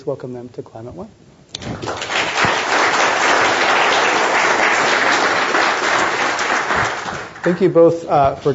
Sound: applause